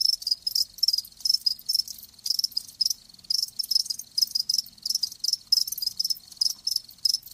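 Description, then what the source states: Crickets chirping in regular high bursts, rhythmic and steady. Live crickets chirping, as a sleep sound.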